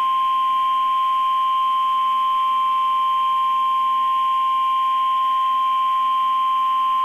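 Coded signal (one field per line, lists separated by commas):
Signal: Emergency Alert System (SAME) tones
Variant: 1050 Hz attention tone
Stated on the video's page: Hurricane Force Wind Warnings coded HUW plus a 1050 Hz-tone Blizzard Warning, from a NOAA Weather Radio internet stream, recorded with Audacity.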